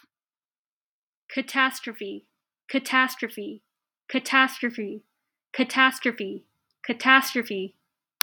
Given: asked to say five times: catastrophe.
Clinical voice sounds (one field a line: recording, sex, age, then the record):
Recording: repeated word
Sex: female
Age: 20 to 29 years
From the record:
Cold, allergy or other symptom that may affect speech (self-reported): no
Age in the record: 29 years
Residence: Washington, United States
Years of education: 15